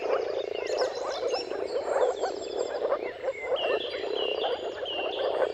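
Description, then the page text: Moor frog chorus of rapid bubbling calls, with clear birdsong whistles and trills layered on top. Mating calls of a moor frog chorus at sunrise, at the turn of March and April depending on the weather; recorded by Jakub Orzecki. "Dawn’s Chorus: Mating Calls of Marsh Frogs at Sunrise. Depending on the weather at the turn of March and April, you can witness an amazing spectacle of moor frogs. Jakub Orzecki"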